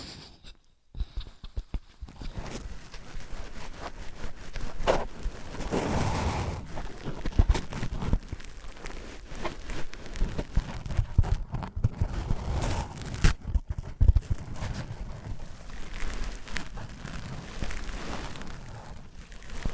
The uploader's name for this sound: Wood vs Cork, Sponge vs Foam, Glass vs Plastic